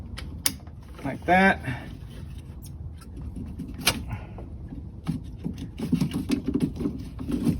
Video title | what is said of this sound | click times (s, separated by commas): Installing a cylinder head - Ford Duratec 2.0/2.3 | you just push it till it clicks like | 0.5 s